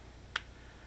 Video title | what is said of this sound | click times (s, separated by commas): After use review of the Kodak Play Touch a review long in coming | beware it does click in place | 0.4 s